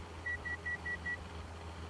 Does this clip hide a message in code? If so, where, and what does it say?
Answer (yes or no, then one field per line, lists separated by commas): no